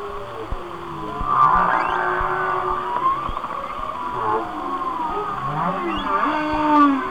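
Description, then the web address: Whale song with upsweeping cries and drooping moans, overlapping tones, faint clicks in the background. "Whale Songs Whale Songs- Mike Mc Donald"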